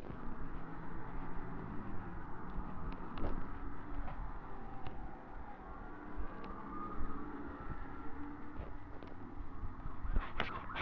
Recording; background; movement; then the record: deep breathing; traffic; walking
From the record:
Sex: female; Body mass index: 21.8 kg/m2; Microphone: on the chest, facing the body